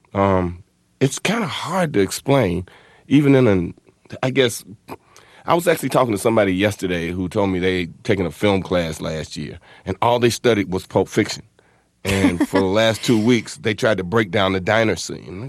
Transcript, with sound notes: It's kind of hard to explain, even in, I guess - I was actually talking to somebody yesterday who told me they had taken a film class last year, and all they studied was "Pulp Fiction."
(Laughter).
And for the last two weeks, they tried to break down the diner scene.